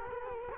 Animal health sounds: mosquito wingbeat signal from an infrared sensor; Culex quinquefasciatus

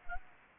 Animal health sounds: mosquito wingbeat signal from an infrared sensor; Anopheles gambiae

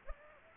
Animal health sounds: mosquito wingbeat signal from an infrared sensor; Aedes aegypti

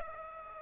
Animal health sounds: mosquito wingbeat signal from an infrared sensor; Aedes aegypti

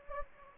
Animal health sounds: mosquito wingbeat signal from an infrared sensor; Anopheles gambiae

